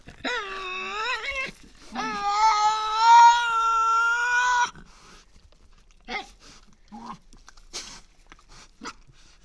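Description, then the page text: Tasmanian devil calling, drawn-out wavering moans that rise and fall, followed by shorter grunting sounds and quiet breaks. Resident devils squabbling over who has priority, inside an enclosure at the Devils@Cradle conservation facility, Cradle Mountain, Tasmania, October 24, 2007. "Tasmanian Devil. Birdsong for the Curious Naturalist. Inside an enclosure at the world-class conservation facility at Cradle Mountain, Tasmania"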